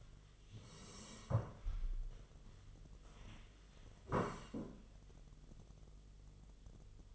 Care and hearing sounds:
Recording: daily activity, microphone in the room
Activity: sit down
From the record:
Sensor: 4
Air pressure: 1006.1 hPa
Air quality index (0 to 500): 106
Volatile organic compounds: 3 ppm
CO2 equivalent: 1327 ppm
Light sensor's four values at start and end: 12/28/11/10 and 12/28/11/10

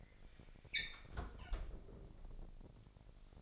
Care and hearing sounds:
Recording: daily activity, microphone in the room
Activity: close fridge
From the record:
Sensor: 5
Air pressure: 1002.0 hPa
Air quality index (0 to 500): 211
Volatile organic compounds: 22 ppm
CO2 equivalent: 2742 ppm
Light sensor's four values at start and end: 11/25/10/12 and 10/23/9/10

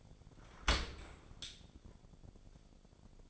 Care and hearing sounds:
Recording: daily activity, microphone in the room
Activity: open dishwasher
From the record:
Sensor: 5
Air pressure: 1006.8 hPa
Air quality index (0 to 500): 183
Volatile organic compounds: 5 ppm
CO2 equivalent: 1745 ppm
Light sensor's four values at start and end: 52/145/57/58 and 53/147/58/58

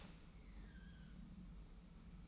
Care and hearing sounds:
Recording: daily activity, microphone in the room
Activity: open dishwasher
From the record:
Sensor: 1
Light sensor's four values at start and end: 40/125/49/51 and 40/125/49/51

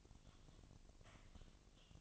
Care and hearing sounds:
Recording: daily activity, microphone in the room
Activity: typing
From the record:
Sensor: 4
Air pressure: 1000.0 hPa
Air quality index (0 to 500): 230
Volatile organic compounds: 30 ppm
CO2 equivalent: 2967 ppm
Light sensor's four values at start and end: 9/21/8/8 and 9/21/8/8

